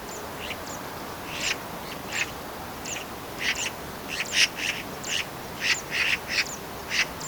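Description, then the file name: Eurasian magpie giving harsh, rasping chak notes at irregular intervals, some in quick pairs. "Pica pica"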